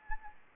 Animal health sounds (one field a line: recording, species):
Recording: mosquito wingbeat signal from an infrared sensor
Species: Anopheles gambiae